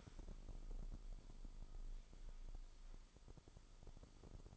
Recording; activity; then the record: daily activity, microphone in the room; sweep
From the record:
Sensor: 5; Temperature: 24.6 degrees Celsius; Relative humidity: 32.2%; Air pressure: 996.1 hPa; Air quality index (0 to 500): 100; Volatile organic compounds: 6 ppm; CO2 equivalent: 1921 ppm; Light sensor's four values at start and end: 45/109/45/48 and 45/109/45/48